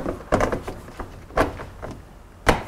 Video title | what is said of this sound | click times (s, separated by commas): Rear Yellow Turn Signals : G37 - Motorvate's DIY Garage Ep. 19 | turn it to you get a nice click | 2.5 s